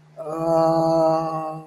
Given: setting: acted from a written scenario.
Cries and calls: vocal sound without words; confusion

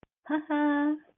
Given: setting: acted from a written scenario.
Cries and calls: vocal sound without words; ecstasy

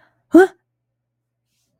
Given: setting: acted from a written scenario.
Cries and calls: vocal sound without words; negative surprise

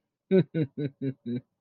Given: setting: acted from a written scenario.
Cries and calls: vocal sound without words; pride

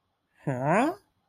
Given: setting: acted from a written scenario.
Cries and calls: vocal sound without words; confusion

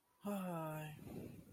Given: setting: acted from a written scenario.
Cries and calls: vocal sound without words; neutral

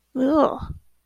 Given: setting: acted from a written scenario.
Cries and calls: vocal sound without words; disgust

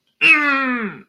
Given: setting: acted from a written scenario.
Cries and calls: vocal sound without words; anger

